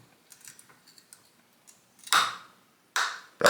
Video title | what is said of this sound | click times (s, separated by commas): Making an Inline Spinner Using TwisTech Wire Bending Tool | About two clicks. | 2.1 s, 3.0 s